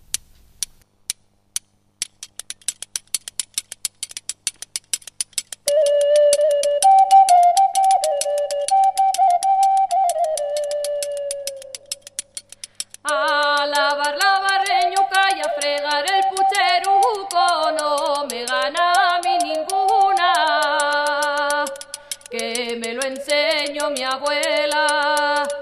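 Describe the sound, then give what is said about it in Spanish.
Sheep shears struck with a horn tap out a steady, rapid metallic clicking, alone at first, then keeping the beat beneath a high melodic line and a singing voice in a well-known traditional Cantabrian shepherds' song. “Y está acompañada por... por unas tijeras de esquilar y un cuerno golpeándolas.”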